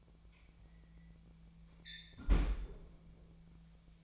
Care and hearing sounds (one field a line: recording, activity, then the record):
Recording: daily activity, microphone in the room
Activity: close fridge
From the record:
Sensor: 1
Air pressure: 1009.7 hPa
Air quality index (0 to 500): 194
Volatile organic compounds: 19 ppm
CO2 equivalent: 2654 ppm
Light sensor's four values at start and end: 29/74/31/37 and 30/76/31/38